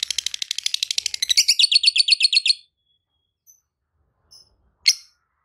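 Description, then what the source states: Lovebird song: rapid high-pitched chattering trill for about two and a half seconds, then silence broken by a few faint chirps and one sharp call. Masteran recording made for tutoring other birds; song style called konslet.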